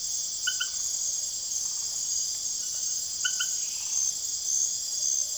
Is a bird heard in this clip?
no